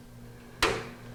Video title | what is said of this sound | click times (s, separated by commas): Building his first computer - LIVE | There, I heard it click. | 0.6 s